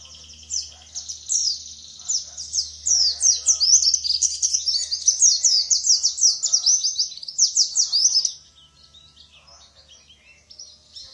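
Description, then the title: White-eye singing a fast, continuous high twittering warble for several seconds, then falling quiet, over a steady low background hum. Song style described as ngalas ngeroll. "Kumpulan Pleci Ngalas Ngeroll"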